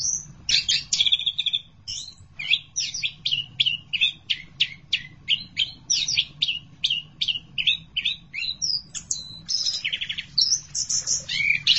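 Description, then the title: Thrush song, a fast repeated series of sharp high notes delivered in an even rhythm, ending in varied whistled phrases over a faint low hum. "burung anis x"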